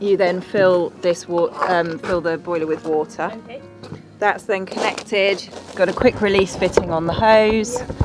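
Someone talks over background music about filling a boiler with water and the quick-release fitting on a hose that connects to a steamer chest's hose connector. The hose quick-release coupling is being handled but has not yet been pulled back and pushed home; nothing has seated or clicked yet.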